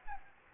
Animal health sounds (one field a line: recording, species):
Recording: mosquito wingbeat signal from an infrared sensor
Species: Anopheles gambiae